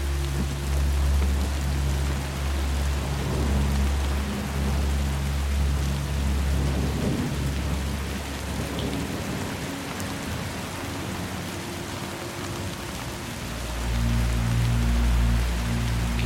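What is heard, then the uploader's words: Steady rain hisses evenly across the whole clip, blended with a low, sustained drone. The drone holds deep tones that shift and fade around the eighth second, thinning out before returning fuller near fourteen seconds, while the rain continues unbroken underneath. Rain Drone. This steady, calming rain blended with ambient music creates a droning, lulling ambiance.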